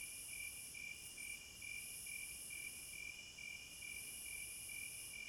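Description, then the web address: Cricket chorus: rhythmic chirps repeating about twice a second and a long high-pitched trill with a few short breaks. Crickets at midnight. "Sleep Sounds of Nature CRICKETS"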